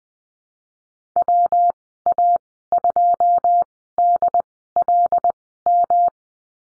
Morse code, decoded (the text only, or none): WA2DLM